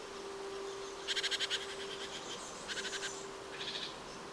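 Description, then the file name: Great tit giving quick rattling churrs of several rapid pulses, three bursts in a few seconds, with a faint steady tone underneath. "Parus major"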